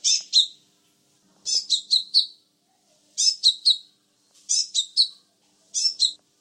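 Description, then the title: Sunbird song: short runs of two to four rapid, high, thin chirps, repeated about every one and a half seconds. "kicau kolibri"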